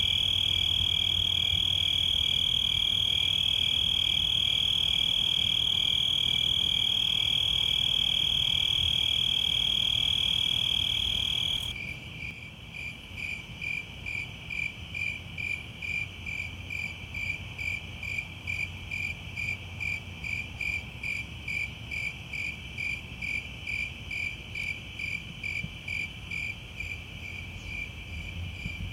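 Insects fill a summer night with a dense, high, continuous drone for the first eleven seconds, then it drops away abruptly. Afterward, crickets chirp in a fast, even pulse, rising and falling rhythmically, with a faint low rumble underneath throughout.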